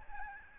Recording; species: mosquito wingbeat signal from an infrared sensor; Aedes albopictus